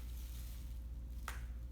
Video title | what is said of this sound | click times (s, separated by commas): BYC Tie-Dye Tutorial! | ah the click and that means it's sealed and we're gonna gently place it to the side | 1.3 s